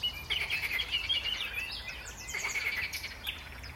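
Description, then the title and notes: Frogs giving fast pulsed rattling croaks in two main bursts. Frogs in a pond at Saint-Jean-le-Blanc, France. "Saint-Jean-le-Blanc, France - Frogs party. grenouilles dans l'étang, passants qui se baladent, qui me disent bonjour"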